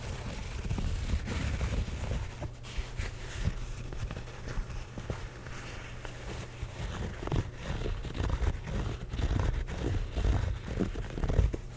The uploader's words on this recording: ASMR Hat Scratching.